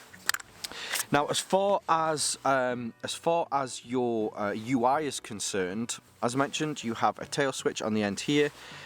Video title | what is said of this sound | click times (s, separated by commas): How Far Can You See? - All NEW Javelot | a better positive click with this | 0.3 s